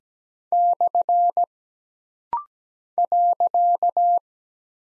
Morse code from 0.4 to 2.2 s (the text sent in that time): /